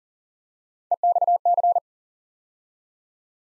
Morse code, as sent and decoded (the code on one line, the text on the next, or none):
. -..- -.-.
EXC